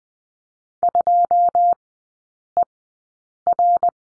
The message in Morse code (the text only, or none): 2 E R